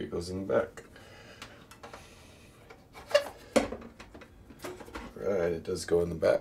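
A cleaning cartridge is handled at the back of a Braun Series 8 shaver cleaning station while someone talks, with a few small knocks and taps of handling. The cartridge has not seated or clicked into the station yet.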